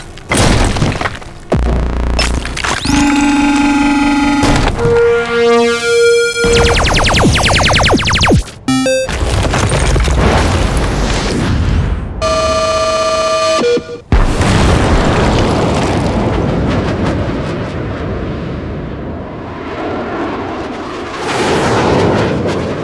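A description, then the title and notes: Combat drone sound effects: a loud run of shifting electronic whines, zaps and beeps, then a long rushing roar that slowly fades. Combat Drone Sound Effects.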